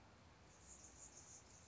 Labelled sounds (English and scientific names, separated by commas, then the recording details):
Anna's Hummingbird (Calypte anna)
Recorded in Sonoma County, California